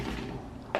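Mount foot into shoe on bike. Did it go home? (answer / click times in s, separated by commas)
yes / 0.8 s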